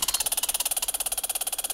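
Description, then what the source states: Squirrel chattering call, a rapid run of harsh, clicky pulses, about fifteen per second, repeated evenly throughout without pause. Recorded in August 2017.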